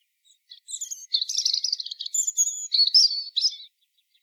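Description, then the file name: European robin giving a lively, high warble: rapid trills, thin sweet whistles and quick twittering notes run together for about three seconds. "Erithacus rubecula"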